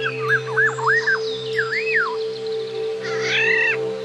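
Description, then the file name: Black-naped oriole song of looping whistled phrases sweeping up and down, followed by a harsher overlapping call, over a constant low hum. "terapi alam kepodang"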